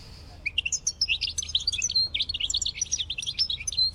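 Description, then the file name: European goldfinch twittering in a fast, nearly continuous stream of bright chirps and tinkling notes that jump up and down in pitch. "RENAUDE Chardonneret"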